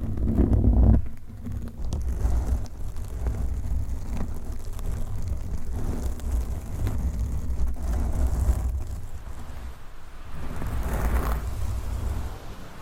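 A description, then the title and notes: Microphone scratching and rubbing makes a dense, rumbling low roar, loudest in the first second, with brief brighter scrapes around eleven seconds. ASMR Mic Scratching with 100 DIFFERENT MIC COVERS & MICS! No Talking for Sleep with Long Nails.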